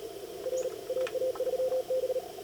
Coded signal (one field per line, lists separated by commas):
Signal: Morse code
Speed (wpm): 36 wpm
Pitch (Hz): 510 Hz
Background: radio noise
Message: R AA3B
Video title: 19 Aug 2020 CW Operators Club weekly CWT mini contest-Start to Submission. QRS and talk through.